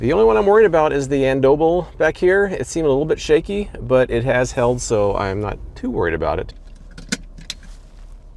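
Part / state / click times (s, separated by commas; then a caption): smartphone into car phone holder cradle / seated / 7.1 s, 7.5 s. Someone talks, then squeezes the two side buttons on a car phone holder and pushes a smartphone into the cradle. Two sharp clicks ring out at 7.1 s and 7.5 s as the phone snaps into place and seats.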